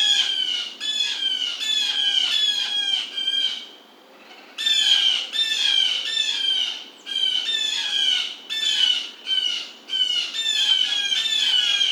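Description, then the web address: Blue jay giving a long series of rapid, harsh jay notes, nearly continuous with one clear pause near four seconds and shorter breaks later. Recorded 27 July 2009. "Blue Jay 2009 07 27"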